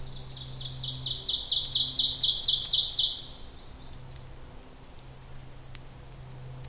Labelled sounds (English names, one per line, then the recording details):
Ovenbird song
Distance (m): 10 m
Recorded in boreal forest in Alberta, Canada, on 26 May 2016 at 08:27
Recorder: SongMeter 3, array SBT-3-15
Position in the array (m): 35 m, 247 m
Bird 20